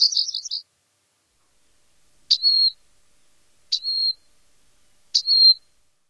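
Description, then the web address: Rock Wren giving a quick trilled phrase, then three identical sharp notes each sliding into a steady high whistle, spaced about one and a half seconds apart, against a quiet background. "Songs of Birds of North America Stokes. Rock Wren"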